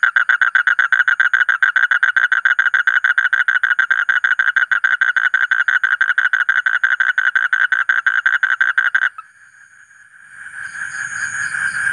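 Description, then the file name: Asian common toad call: a long, fast pulsed trill lasting about nine seconds, then a pause and a swelling hissing noise. "suara kodok bangkong kolong kodok buduk"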